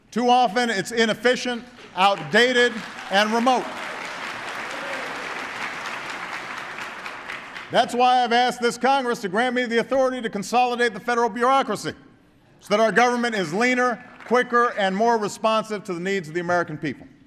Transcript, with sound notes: Too often, it’s inefficient, outdated and remote. (Applause.) That’s why I’ve asked this Congress to grant me the authority to consolidate the federal bureaucracy, so that our government is leaner, quicker, and more responsive to the needs of the American people.